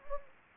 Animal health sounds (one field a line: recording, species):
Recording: mosquito wingbeat signal from an infrared sensor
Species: Anopheles gambiae